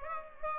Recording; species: mosquito wingbeat signal from an infrared sensor; Aedes aegypti